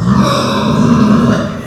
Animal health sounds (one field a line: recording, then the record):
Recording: squeal of a Yucatan mini pig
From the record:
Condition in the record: after surgery on the right vocal fold (resection and tissue-engineered implant)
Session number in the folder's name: 13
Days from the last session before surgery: 113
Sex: female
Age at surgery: 19 weeks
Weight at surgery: 25 kg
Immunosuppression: prednisolone